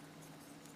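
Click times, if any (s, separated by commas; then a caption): none. Two plastic inner-frame halves of a model kit's leg/waist frame are being brought together by hand to close them up. Only faint, steady handling rustle and a low constant hum are heard. The halves have not snapped together, and nothing has seated or clicked yet.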